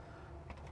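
With the timer knob set to the off position, a black plastic locking clip is handled and pushed toward its place on a Whirlpool washer's timer housing. Soft, faint handling noise is heard, with a few light taps and the sharpest brief tap at about 0.5 s. Nothing has clicked in or seated yet.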